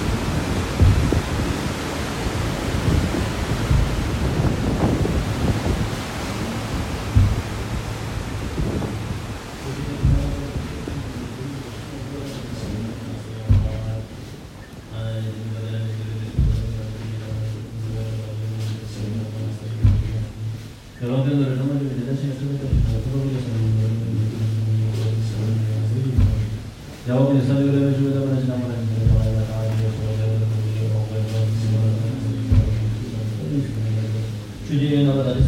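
A soundscape of a hike toward Everest Base Camp: rumbling wind noise early, then sustained low droning tones with bright swelling chords recurring every few seconds.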